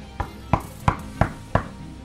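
Five firm knocks on a door, evenly spaced in a steady rhythm, each a sharp, solid thud with a low body, heard alone with no voices.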